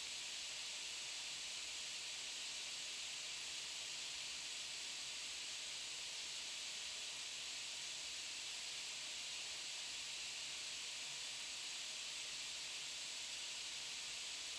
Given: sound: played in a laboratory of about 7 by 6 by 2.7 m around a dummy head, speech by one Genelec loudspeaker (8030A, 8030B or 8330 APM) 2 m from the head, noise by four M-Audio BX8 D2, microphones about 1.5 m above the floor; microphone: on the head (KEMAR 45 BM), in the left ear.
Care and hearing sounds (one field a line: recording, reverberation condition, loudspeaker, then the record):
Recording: white noise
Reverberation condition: medium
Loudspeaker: four, about 170 cm from the corners of the room and facing them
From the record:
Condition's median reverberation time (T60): about 510 ms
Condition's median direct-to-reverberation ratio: about -0.5 dB